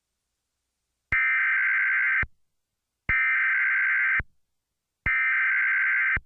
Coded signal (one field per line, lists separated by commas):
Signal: Emergency Alert System (SAME) tones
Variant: header bursts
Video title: Classic EAS Mock Scenario - Illinois/Indiana - 9/27/09